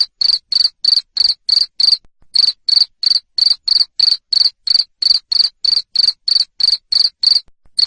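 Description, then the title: Cricket chirping shrilly in a regular quick rhythm of short pulses, with two brief pauses. Loud cricket chirping used to stimulate lovebirds to sing continuously. "Suara JANGKRIK NGERIK Keras Bikin LOVEBIRD Jadi NGEKEK Terus Vubey"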